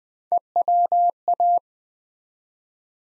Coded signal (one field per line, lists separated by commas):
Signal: Morse code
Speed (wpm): 20 wpm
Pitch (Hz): 700 Hz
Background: none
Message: EWA